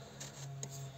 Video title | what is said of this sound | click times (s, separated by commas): VW Polo 1.2 TDI Fuel Filter Replacement. VW Polo 1.2 TDI Dizel Filtre Değişimi. | şekilde şöyle çıt diye bir ses gelecektir arkadaşlar bakıyorum tırnaklar | 0.6 s